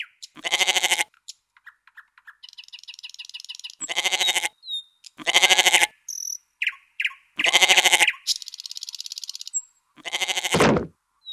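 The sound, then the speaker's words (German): A goat bleats angrily in five loud, harsh, wavering cries separated by short pauses as it is held by its leg, while high buzzing insect-like chirps fill the gaps between them. “meckerte voller Zorn.”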